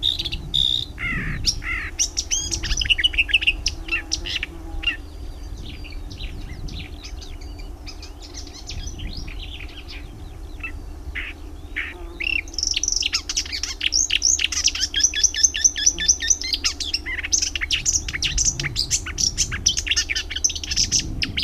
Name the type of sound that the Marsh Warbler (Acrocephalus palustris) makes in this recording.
song